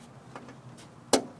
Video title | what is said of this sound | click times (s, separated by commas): 2003 Honda Odyssey Passenger Door Window Regulator Replacement | pops right in | 1.1 s